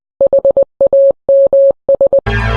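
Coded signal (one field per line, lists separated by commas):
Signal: Morse code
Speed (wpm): 20 wpm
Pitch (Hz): 550 Hz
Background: none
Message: HAMS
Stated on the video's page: Yaesu FTM100 DR using Wires-X.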